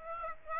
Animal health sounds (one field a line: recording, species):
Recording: mosquito wingbeat signal from an infrared sensor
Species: Aedes aegypti